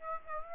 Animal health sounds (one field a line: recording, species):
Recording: mosquito wingbeat signal from an infrared sensor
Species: Aedes aegypti